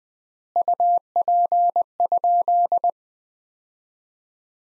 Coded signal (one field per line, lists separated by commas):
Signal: Morse code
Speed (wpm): 20 wpm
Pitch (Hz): 700 Hz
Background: none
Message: UP?